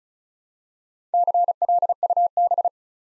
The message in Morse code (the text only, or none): CLUB